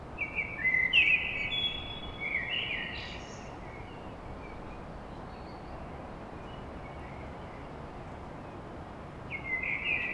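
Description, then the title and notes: Common blackbird singing a rich warbled phrase with a high twittering tail, a long pause of steady hiss, then the next phrase starting. Song recorded at dawn in Paris. "Blackbird Poetry At Paris On. Enregistrement d'un chant de merle à l'aube dans Paris"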